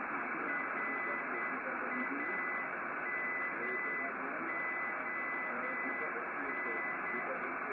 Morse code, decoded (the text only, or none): RAMON